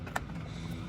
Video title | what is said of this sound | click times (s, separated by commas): K&N BOOST CONTROLLER AND THROTTLE CONTROL MODULE INSTALL AND FIRST DRIVE! | Wait for the click, there you go. | 0.2 s